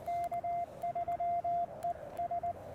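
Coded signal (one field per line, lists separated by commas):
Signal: Morse code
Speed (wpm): 20 wpm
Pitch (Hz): 690 Hz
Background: radio noise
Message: K3ES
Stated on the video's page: QRP CW during a park activation, using an Elecraft K1 and a homebrew 29.5-foot end-fed random wire with a 17-foot counterpoise.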